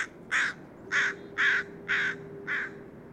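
Bird calls: a steady series of harsh, nasal caws about every half second.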